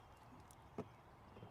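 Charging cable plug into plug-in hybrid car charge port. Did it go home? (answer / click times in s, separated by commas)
yes / 0.5 s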